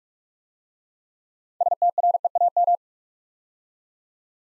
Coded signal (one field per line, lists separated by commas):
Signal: Morse code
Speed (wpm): 44 wpm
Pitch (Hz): 700 Hz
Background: none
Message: STREAM